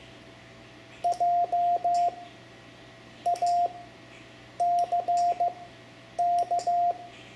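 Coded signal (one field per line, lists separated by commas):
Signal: Morse code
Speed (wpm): 15 wpm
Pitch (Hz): 700 Hz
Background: none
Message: JACK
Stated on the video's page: Self-taught beginner Morse lesson teaching letters I to L for ham radio.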